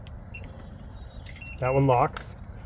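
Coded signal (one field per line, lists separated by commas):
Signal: none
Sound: an RV lock's chirp beeps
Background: speech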